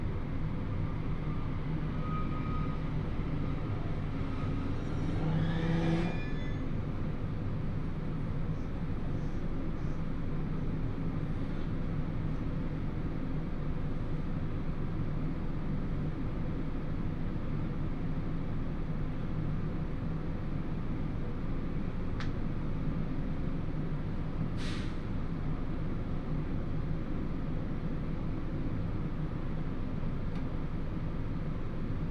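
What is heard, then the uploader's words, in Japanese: A train ride on a single-track line, with a steady low rumble and hum of the carriage running throughout. Around five to six seconds a brief tonal whine and clatter rises over the drone, and short sharp clicks sound near 22 and 25 seconds. 新水前寺から豊肥本線に乗って肥後大津まで移動します。なかなかの山道を登っていくのですが、821系車両はいとも簡単に進んでいきます。単線区間ではありますが、利用客が多いのでしょっちゅう行き違いをしながら肥後大津に到着します。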